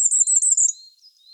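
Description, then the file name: Firecrest song fragment: a fast, very high trill of notes lasting under a second, fading into faint thin notes. "ROITELET TRIPLE NORMAL MONO"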